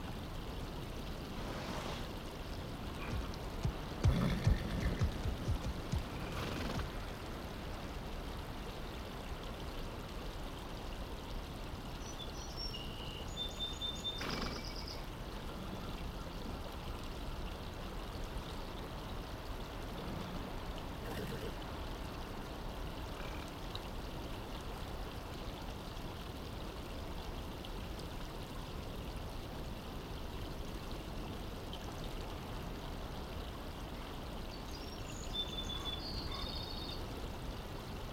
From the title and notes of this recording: An ambient mix of daytime sounds from 19th century California.